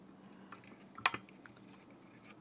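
A connector is re-pushed into an ACTER 48V AC golf cart motor controller board for C-Zone CT&T electric carts after it was found not seated correctly. Faint small ticks and handling noises come before and after one sharp, loud snap at 1.1 s. The connector is confirmed seated correctly.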